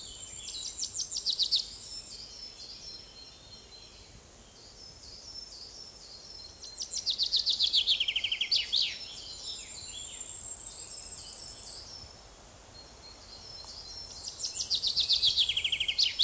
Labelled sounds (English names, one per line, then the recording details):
Common Chaffinch song
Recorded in the wild
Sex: male
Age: adult
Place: Oehrenstock/Langewiesen, Thüringer Wald, Thüringen, DE
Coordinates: 50.6603, 10.9428
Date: 2003-05-25 12:22
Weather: overcast, intermittent rain, 12 - 15°C
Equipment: Fair Mate ST-1328 (Asahi Electronics, Japan), Sennheiser ME 80, Kopie Uher 4000 Report Monitor
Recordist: Tembrock, Günter